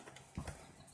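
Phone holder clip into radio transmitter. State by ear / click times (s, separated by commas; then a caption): not seated / none. A plastic phone holder clip is slid into a slot with a small flap on the radio transmitter of a JJRC H50 WindSeeker drone and pushed in. Soft handling and scraping noises include brief knocks near 0.2 and 0.5 seconds. Nothing has seated or clicked yet.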